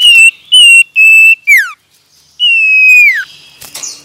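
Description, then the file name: Common iora song: three short even whistles, then a falling slur, followed by one long drawn whistle that sinks at the end. Male. "suara burung cipoh jantan"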